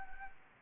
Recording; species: mosquito wingbeat signal from an infrared sensor; Anopheles gambiae